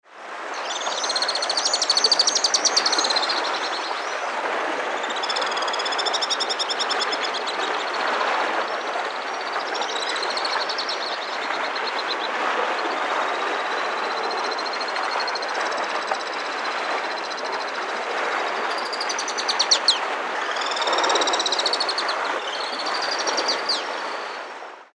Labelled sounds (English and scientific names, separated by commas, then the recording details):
Alpine Swift (Tachymarptis melba)
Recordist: Frommolt, Karl-Heinz
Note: Flugrufe